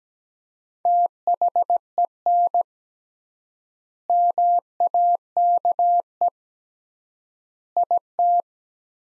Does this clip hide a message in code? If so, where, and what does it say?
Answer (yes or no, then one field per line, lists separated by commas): yes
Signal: Morse code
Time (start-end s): 0.9-8.4 s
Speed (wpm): 17 wpm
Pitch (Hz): 700 Hz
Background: none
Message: THEN MAKE IT